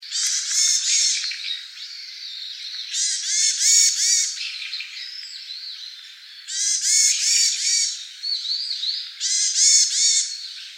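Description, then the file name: Varied tit giving harsh, nasal, buzzy calls in dense bursts of about a second, with four loud bouts separated by quieter rasping notes and a few thin whistles. Recorded 15 November 2014. "yamagara 141115"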